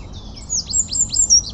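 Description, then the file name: Eurasian wren: a short run of sharp, high, downward-sweeping notes repeated quickly in a brief phrase. "Troglodytes troglodytes"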